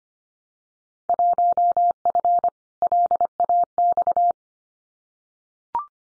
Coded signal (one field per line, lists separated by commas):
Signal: Morse code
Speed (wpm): 25 wpm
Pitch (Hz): 700 Hz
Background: none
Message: 1F LAX